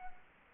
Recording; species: mosquito wingbeat signal from an infrared sensor; Culex quinquefasciatus